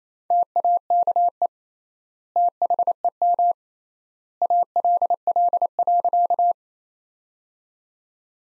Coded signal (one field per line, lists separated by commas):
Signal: Morse code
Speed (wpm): 28 wpm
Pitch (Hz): 700 Hz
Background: none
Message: TAKE THEM ALL.